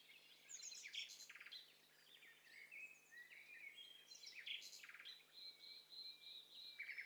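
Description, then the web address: Several birds calling together, overlapping chirps, whistles and buzzy notes at high pitch, with a steady faint hiss. Mixture of several birds, stereo test set for separating overlapping bird calls. "Hi Fi STEREO BIRD COCKTAIL PARTY Challenge SBCP TESTSET HDBird Cocktail Party-040"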